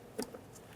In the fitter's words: After an audible click, a tug.